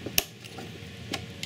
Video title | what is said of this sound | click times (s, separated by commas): 2013 Hackintosh Build Part 5 | sure I got it and you'll hear it pop in like so and that's that | 0.2 s